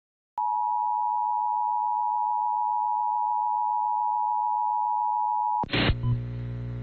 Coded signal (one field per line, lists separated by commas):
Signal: Emergency Alert System (SAME) tones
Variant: 853 and 960 Hz attention tone